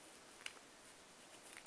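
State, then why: Seated. A film leader retriever's blades are pushed through the light trap of a 35 mm film cassette while the film spool is turned until the blade catches the film. A sharp click at 0.5 s marks the catch, and the film is seated on the blade. Two fainter ticks follow near 1.6 s and 1.7 s over a steady low hiss.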